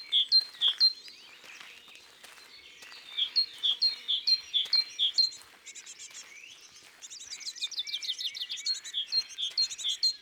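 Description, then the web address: Great tit two-note phrases in short bursts among other birdsong, with a fast trilling bird joining toward the end. "la mesange charbonniere. cuicui et compagnie"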